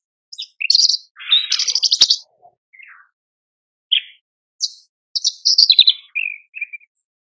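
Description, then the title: Horsfield's bush lark song: loud bursts of dense high chirps and buzzy notes, a sharp click, then short whistled phrases. Cage-bird tutor (masteran) song of very active singing, used for training cage birds. "MASTERAN KICAUAN BRANJANGAN SUPER GACOR"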